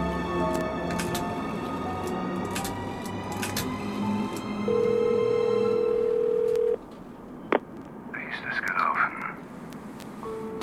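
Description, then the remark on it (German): A steady, low-pitched telephone dial tone hums loudly for about two seconds, followed by a sharp click and a brief burst of warbling dialing tones as someone calls their partner, all over a murmuring, noisy background. “Ich rufe meinen Partner drüben an.”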